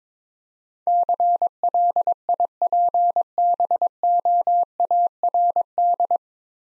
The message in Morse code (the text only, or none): CLIPBOARD